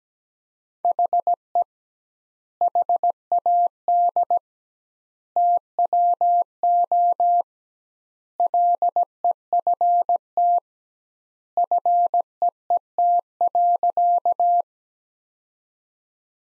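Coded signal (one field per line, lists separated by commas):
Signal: Morse code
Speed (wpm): 17 wpm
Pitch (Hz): 700 Hz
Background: none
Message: HE HAD TWO LEFT FEET.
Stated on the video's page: Practice sentences from the top 300 words at 17 wpm with double word spacing, a word-level Farnsworth-style method.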